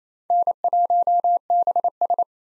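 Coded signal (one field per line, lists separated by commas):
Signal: Morse code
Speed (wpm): 28 wpm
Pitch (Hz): 700 Hz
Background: none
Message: N1BS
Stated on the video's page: Morse drill of common POTA activator call signs at 28 wpm for head-copy practice, each sent, spoken, then sent again.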